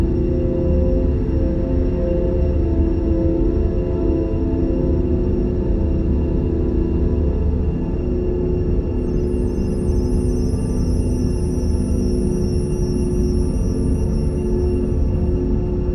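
Spaceship ambience: a steady, dense low rumble with fixed humming tones, joined after about nine seconds by a faint high shimmering whine.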